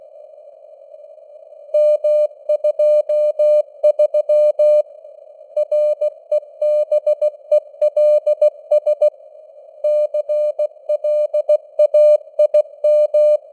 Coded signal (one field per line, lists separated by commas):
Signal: Morse code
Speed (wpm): 16 wpm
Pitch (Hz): 600 Hz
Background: none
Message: M23 REBELS CLAIM